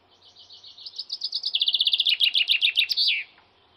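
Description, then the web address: Bird song: a soft run of rapid high notes building into a loud, quick trill of chirps that ends abruptly after about three seconds. "aves"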